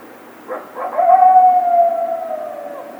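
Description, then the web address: Coyote howl, two quick yelps followed by one sustained, slightly falling howl lasting nearly two seconds. Several coyotes recorded on 28 March 2010. "Coyote 2010 03 28 Coyotes"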